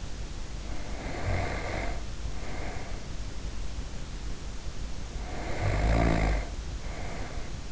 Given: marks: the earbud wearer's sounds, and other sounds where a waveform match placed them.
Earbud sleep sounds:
sounds in sleep by an in-ear microphone; snoring breath
0.61-3.20 s: snoring breath
5.11-7.72 s: snoring breath

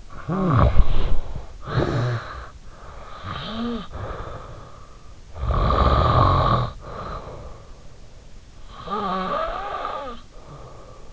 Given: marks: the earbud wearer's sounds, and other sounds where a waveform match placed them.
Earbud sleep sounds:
sounds in sleep by an in-ear microphone; body movement, snoring breath
0.00-2.39 s: body movement
0.00-4.68 s: snoring breath
4.96-7.65 s: snoring breath
8.57-11.13 s: snoring breath

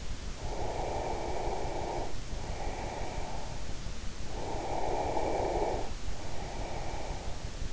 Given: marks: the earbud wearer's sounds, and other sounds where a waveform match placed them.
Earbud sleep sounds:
sounds in sleep by an in-ear microphone; breath
0.38-3.79 s: breath
4.32-7.73 s: breath

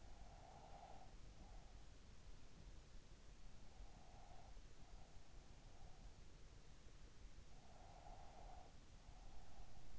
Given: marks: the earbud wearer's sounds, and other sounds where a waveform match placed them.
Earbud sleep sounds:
sounds in sleep by an in-ear microphone; breath
0.00-1.96 s: breath
3.87-5.25 s: breath
7.71-9.98 s: breath

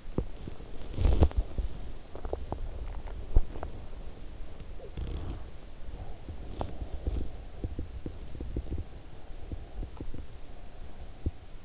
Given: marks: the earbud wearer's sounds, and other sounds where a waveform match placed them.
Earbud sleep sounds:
sounds in sleep by an in-ear microphone; teeth grinding, body movement, swallowing
0.00-1.91 s: teeth grinding
0.51-2.54 s: body movement
2.01-3.91 s: swallowing
6.22-11.65 s: teeth grinding

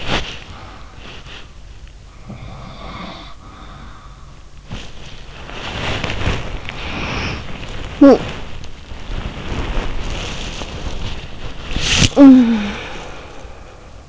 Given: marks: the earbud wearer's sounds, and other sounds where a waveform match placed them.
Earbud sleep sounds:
sounds in sleep by an in-ear microphone; body movement, breath
0.00-1.81 s: body movement
2.21-4.32 s: sound from someone else or the room
4.68-14.09 s: body movement
6.81-13.98 s: breath

